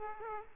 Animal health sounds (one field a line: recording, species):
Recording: mosquito wingbeat signal from an infrared sensor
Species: Aedes aegypti